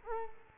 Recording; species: mosquito wingbeat signal from an infrared sensor; Culex quinquefasciatus